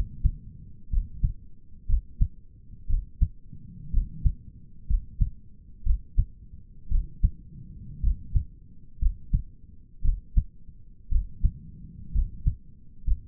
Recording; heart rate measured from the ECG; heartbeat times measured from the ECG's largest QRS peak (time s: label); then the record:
heart sounds by stethoscope; 59 bpm
0.92 s: heartbeat
1.89 s: heartbeat
2.89 s: heartbeat
3.93 s: heartbeat
4.89 s: heartbeat
5.86 s: heartbeat
6.91 s: heartbeat
8.03 s: heartbeat
9.01 s: heartbeat
10.04 s: heartbeat
11.11 s: heartbeat
12.14 s: heartbeat
13.06 s: heartbeat
From the record:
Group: healthy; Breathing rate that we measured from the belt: 15 breaths a minute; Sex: male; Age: 22 years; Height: 181 cm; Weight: 79 kg